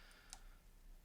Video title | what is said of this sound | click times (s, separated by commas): Ordro M5 Camera Gimbal Unboxing & First Look: Sample Footage Included! | okay good goes in nice Clicks in good this should have it charge now | 0.3 s